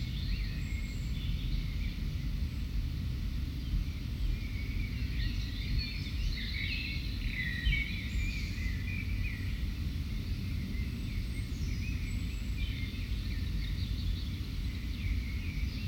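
Keskusmetsä, a forest, heard as a steady low rumble that holds evenly for the whole stretch. Over it, birds chirp and twitter in bright, scattered bursts, busiest around the middle, with a few thin high whistles near the start and later on.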